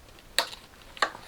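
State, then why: Seated. A plastic hose fitting with an o-ring, sprayed with silicone, is pushed onto its engine port on an E46 330i during crankcase ventilation and intake installation. A sharp click at 0.4 s marks it seating, and a second, softer click follows at about 1.0 s. The fitting is confirmed seated.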